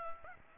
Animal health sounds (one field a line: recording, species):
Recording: mosquito wingbeat signal from an infrared sensor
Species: Aedes albopictus